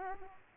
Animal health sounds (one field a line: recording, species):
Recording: mosquito wingbeat signal from an infrared sensor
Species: Aedes aegypti